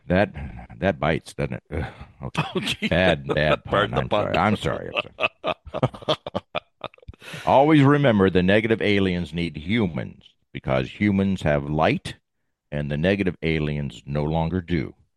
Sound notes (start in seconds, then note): 2.3 laughs; 5.4 laughs